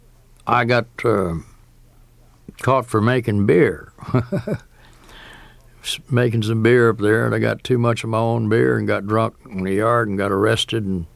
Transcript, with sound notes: I got caught for making beer (laughter). I was making some beer up there, and I got too much of my own beer and got drunk in the yard and got arrested.